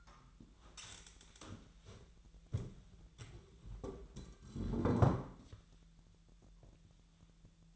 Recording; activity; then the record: daily activity, microphone in the room; stand up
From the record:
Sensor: 3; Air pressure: 1001.9 hPa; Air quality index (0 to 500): 248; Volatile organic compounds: 131 ppm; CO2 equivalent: 3933 ppm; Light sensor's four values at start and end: 10/25/10/11 and 7/17/7/7